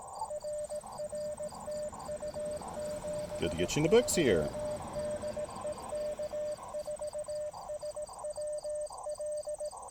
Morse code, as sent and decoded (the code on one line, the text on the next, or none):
.-. .-. - ..- --... ...-- -.. . -.- ....- ... .-- .-..
RRTU73DEK4SWL